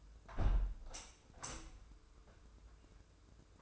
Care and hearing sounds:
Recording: daily activity, microphone in the room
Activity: close window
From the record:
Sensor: 2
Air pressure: 995.6 hPa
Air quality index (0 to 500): 98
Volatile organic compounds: 5 ppm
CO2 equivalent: 1815 ppm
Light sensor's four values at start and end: 24/77/30/29 and 24/77/30/29

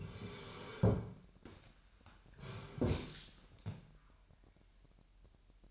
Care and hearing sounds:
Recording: daily activity, microphone in the room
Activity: sit down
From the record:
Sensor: 2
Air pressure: 998.4 hPa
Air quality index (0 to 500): 126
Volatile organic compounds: 3 ppm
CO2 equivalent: 1429 ppm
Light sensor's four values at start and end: 5/12/5/6 and 6/14/6/6

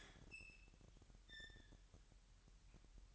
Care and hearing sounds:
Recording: daily activity, microphone in the room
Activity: open fridge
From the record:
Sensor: 3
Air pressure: 1001.9 hPa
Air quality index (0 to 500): 241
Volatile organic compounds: 46 ppm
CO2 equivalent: 3239 ppm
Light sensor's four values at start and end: 12/36/16/13 and 12/36/16/13

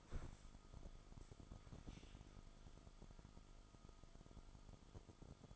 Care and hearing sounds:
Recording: daily activity, microphone in the room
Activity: stand up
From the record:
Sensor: 5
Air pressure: 1005.1 hPa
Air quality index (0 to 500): 104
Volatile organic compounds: 2 ppm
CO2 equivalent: 1276 ppm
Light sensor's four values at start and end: 34/79/32/30 and 34/79/32/30

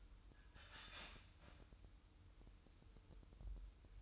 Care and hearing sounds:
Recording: daily activity, microphone in the room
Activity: start toaster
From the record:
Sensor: 2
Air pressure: 988.4 hPa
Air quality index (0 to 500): 191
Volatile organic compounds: 183 ppm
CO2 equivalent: 4152 ppm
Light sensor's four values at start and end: 20/68/27/25 and 20/68/27/25

